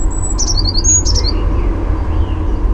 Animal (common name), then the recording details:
Eurasian Blue Tit. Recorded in Germany. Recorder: ecoPi